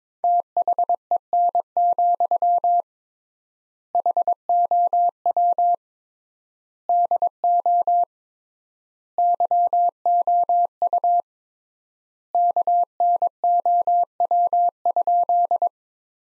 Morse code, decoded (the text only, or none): THEN, HOW DO YOU KNOW?